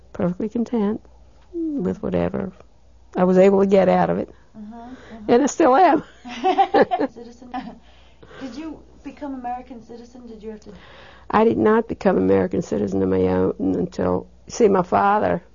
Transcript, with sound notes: perfectly content with whatever I was able to get out of it. And I still am. ( they laugh )
Did you become an American citizen? Did you have to...
I did not become an American citizen on my own until, see, my father,